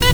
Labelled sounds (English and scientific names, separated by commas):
Zebra Finch (Taeniopygia guttata) stack call